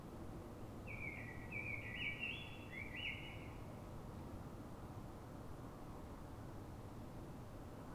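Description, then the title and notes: Common blackbird delivering one extended warbled phrase in the first half, followed by several seconds of steady low background rumble only. City blackbird singing before dawn in Fuenlabrada, Madrid, Spain, so other blackbirds can hear it before human noise begins; described as a call (reclamo); recorded with a Zoom H1n recorder. "Pl. de Francisco Escolar, 10, 28944 Fuenlabrada, Madrid, España - Sonido Reclamo de Mirlo. Mirlo cantando, es un sonido de reclamo"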